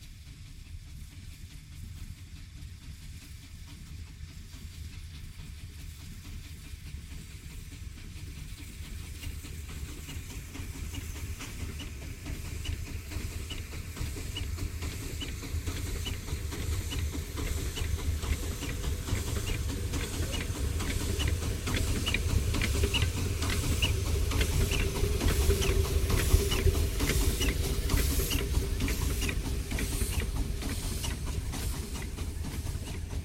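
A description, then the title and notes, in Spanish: A steam train passes through a river valley, its low rumble and hiss growing steadily louder over the first fifteen seconds. From about twelve seconds on, quick regular chuffs and rail clicks pile up densely, staying loud to the end. La Trochita - Pasada En El Valle Del Rio Pipo - Lapataia. Recorrido sonoro por Uahuaia y Lapataia - Tierra del Fuego - Argentina.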